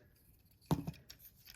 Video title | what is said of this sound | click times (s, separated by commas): APC Toys Red Gladiator (Transformers Prime Cliffjumper) Review | joint and there's two clicks | 0.7 s, 1.1 s